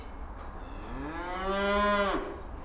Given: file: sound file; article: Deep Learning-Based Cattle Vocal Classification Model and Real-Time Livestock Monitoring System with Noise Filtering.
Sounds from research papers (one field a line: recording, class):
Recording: cattle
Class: food anticipating call